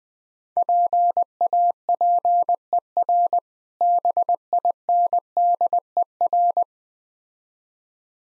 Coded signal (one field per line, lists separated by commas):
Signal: Morse code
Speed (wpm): 20 wpm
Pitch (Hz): 700 Hz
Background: none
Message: PAPER BINDER